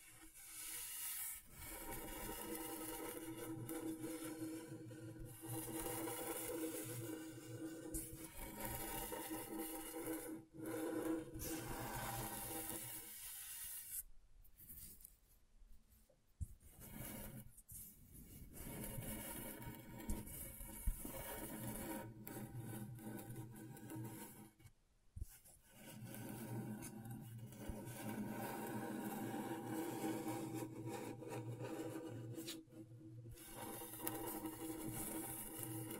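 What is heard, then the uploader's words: Scratchboard being worked: a dense, steady rasping scrape with a bright hiss on top and a low rumble beneath. The strokes run almost continuously, broken by brief pauses near 11, 15, 25 and 33 seconds before the scratching resumes. ASMR Brain Tingling Scratchboard (No Talking).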